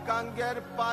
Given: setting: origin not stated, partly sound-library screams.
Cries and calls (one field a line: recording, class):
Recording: one-second piece from a danger detection set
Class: normal situation